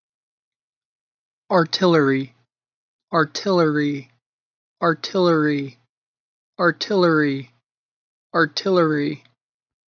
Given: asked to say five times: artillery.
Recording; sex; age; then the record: repeated word; male; 20 to 29 years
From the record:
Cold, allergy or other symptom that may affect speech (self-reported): no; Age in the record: 29 years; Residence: United States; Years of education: 14